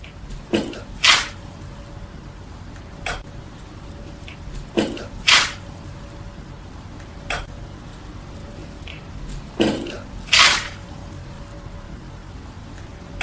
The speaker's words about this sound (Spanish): Bien, pues el sonido, lo característico que tiene es ese chasquido metálico que se produce, y lo vamos a escuchar ahora.